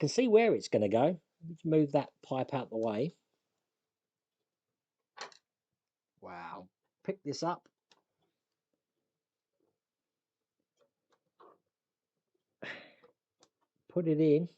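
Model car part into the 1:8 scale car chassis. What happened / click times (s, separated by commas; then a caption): A small plastic part is handled and lined up but not yet seated / none. A part for a 1:8 scale Ayrton Senna Lotus Renault 97T F1 model car is picked up, lined up with the chassis and pushed in, with a pipe moved out of the way first. Someone talks throughout, and faint taps and handling noises are heard between the speech. Nothing has seated or clicked yet.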